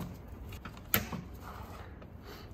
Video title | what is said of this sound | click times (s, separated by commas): HOW TO REPLACE THE ENTIRE COOLING SYSTEM ON THIS BMW! (E9x Ultimate Cooling System DIY) | this one also just snaps right in | 0.9 s